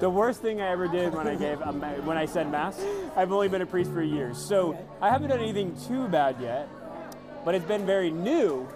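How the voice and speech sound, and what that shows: One man speaking clearly at an even conversational pace, with steady voicing and brief pauses; typical speech.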